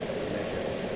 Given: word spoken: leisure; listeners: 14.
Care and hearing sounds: one English word in noise, from a listening test; speech-shaped noise; -6.9 dB; 0 of 14; 9 of 14; 0.56 s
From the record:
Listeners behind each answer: 9, 3, 2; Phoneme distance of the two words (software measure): 10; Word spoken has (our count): 2 syllables, 4 phonemes, stress on syllable 1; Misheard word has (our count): 2 syllables, 4 phonemes, stress on syllable 1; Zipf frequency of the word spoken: 3.91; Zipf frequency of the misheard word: 4.48

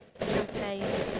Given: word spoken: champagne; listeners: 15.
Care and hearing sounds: one English word in noise, from a listening test; noise modulated by three-talker babble; -6.9 dB; 2 of 15; 10 of 15; 0.80 s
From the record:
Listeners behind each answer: 10, 2, 1, 1, 1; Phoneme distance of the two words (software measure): 10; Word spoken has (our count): 2 syllables, 6 phonemes, stress on syllable 1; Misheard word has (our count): 2 syllables, 6 phonemes, stress on syllable 2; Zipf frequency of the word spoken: 4.22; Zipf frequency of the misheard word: 4.90

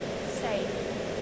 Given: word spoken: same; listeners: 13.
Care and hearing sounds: one English word in noise, from a listening test; speech-shaped noise; -5.6 dB; 1 of 13; 8 of 13; 0.82 s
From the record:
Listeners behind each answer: 8, 3, 1, 1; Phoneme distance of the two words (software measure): 10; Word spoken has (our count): 1 syllable, 3 phonemes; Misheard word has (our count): 1 syllable, 3 phonemes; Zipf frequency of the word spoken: 5.65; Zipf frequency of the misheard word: 5.10

